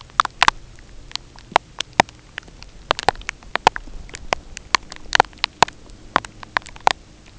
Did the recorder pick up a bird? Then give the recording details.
no. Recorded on Arctic tundra, site UTQI-0, on 13 June 2019. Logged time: 10:00